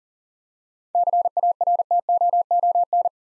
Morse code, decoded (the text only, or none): CARTOON